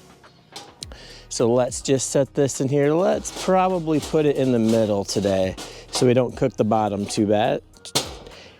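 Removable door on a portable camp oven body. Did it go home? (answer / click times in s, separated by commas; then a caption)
yes / 7.8 s. A wire grate is set on the middle rack of a portable camping oven, and then its removable metal door is refitted onto the oven body while someone talks. A sharp hit at 7.8 s marks the door snapping into place, seated.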